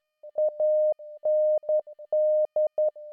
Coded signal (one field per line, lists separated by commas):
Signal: Morse code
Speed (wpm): 11 wpm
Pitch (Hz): 610 Hz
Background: music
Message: AND